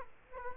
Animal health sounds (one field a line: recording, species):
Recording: mosquito wingbeat signal from an infrared sensor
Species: Culex quinquefasciatus